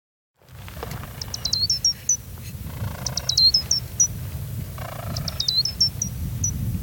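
Gray's lark calls: clusters of thin, high whistled notes with quick up-and-down slurs, a burst roughly every two seconds over a low rumbling background.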